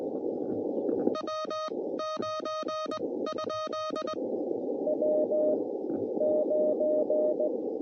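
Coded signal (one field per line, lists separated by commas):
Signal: Morse code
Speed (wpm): 20 wpm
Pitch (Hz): 610 Hz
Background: none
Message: W 9 ? W 9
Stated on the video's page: CW during a Parks on the Air activation.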